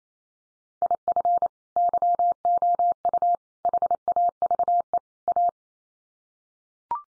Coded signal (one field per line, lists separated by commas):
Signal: Morse code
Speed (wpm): 28 wpm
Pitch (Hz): 700 Hz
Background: none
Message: IF YOU HAVE A